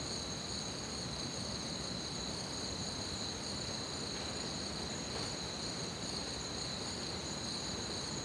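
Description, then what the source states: Crickets sing an unbroken, high-pitched shimmering chorus in several stacked bands over a quiet low rumble. Crickets chirping at night in an orchard, recorded from a balcony on a Zoom H6 in one take; compression and a touch of reverb added.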